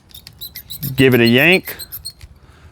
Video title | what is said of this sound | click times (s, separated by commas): Windshield wiper blade replacement Subaru Impreza 2017 to 2023 5th generation ( front and rear ) | snaps into place, | 0.3 s